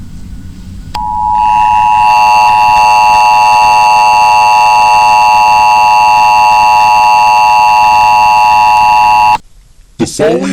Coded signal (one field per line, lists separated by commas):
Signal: Emergency Alert System (SAME) tones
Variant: 853 and 960 Hz attention tone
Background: speech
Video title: EAS Scenario: SCP-610 Invasion (Good Ending)